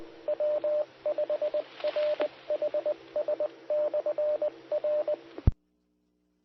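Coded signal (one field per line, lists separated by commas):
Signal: Morse code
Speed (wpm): 20 wpm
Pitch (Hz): 600 Hz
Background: radio noise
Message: W5RHS/R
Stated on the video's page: Morse code ident heard on a SKYWARN amateur repeater system on 147.120 and 146.805 MHz.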